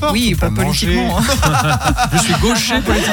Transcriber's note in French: rires